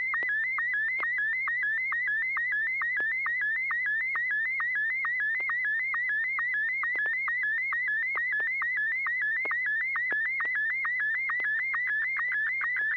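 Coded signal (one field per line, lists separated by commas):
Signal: SSTV (slow-scan television)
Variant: Martin 1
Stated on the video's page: SSTV images exchanged over amateur radio in a weekly net on a 441.300 MHz FM repeater, using MMSSTV software.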